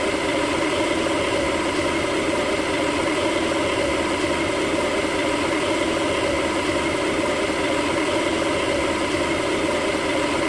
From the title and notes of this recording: Kettle and hum. Recording by Mark Bodah, Amherst MA.